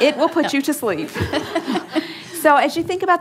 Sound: laughter

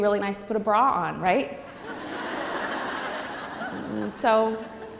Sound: laughter

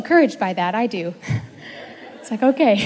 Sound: she laughs and the ladies laugh

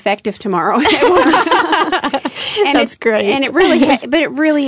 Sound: laughter

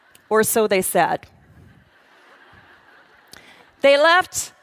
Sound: laughter

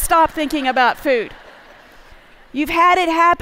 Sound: laughter

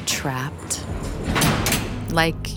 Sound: sound of metal door slamming shut

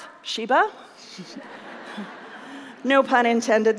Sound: laughter

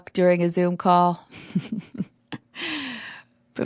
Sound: laughter

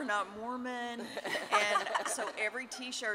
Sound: laughter

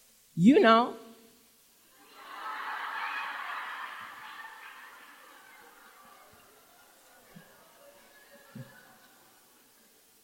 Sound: laughter

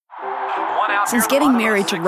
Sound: baseball game in progress, cheering

